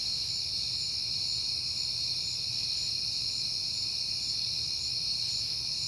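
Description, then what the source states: Crickets trill in a steady, unbroken high chorus with several layered tones, over a faint low rumble. Crickets recorded on a peaceful night in September.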